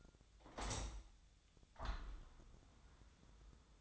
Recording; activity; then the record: daily activity, microphone in the room; open window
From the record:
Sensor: 3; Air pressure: 1004.7 hPa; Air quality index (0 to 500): 73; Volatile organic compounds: 2 ppm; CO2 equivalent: 1093 ppm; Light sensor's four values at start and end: 7/16/6/6 and 7/16/6/6